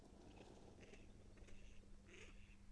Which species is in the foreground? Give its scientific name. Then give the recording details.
Anas platyrhynchos. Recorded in Germany. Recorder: ecoPi